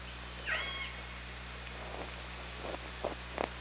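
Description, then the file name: Killer whale call, a single brief harmonic call early on, followed by a few short pulsed bursts against a constant low hum. Recorded by OrcaLab hydrophone on 24 August 2017, 18:38. "Orca Lab UTLN JASON 20170824"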